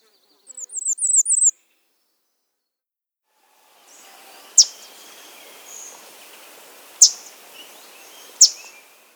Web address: Bay-breasted Warbler